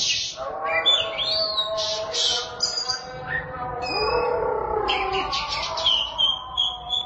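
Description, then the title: Oriental magpie-robin song with varied whistled phrases and bright chirps, some notes sliding upward, above a constant low droning background tone. Chirping song (kicauan) of the bird. "Suara Kicauan Burung Kacer Durasi Panjang"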